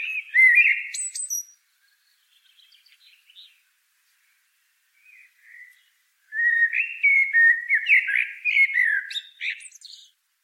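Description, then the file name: Common blackbird song: a low fluted warble opens, faint soft twitters follow a pause, then a long run of mellow whistled phrases with brief high squeaky notes. "Turdus merula"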